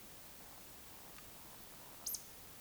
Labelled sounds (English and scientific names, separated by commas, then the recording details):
Eurasian Woodcock (Scolopax rusticola) whistle, Eurasian Woodcock (Scolopax rusticola) croak
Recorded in Baden-Württemberg, Germany, on 20 May 2021 at 19:51 UTC
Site 24606, 635 m above sea level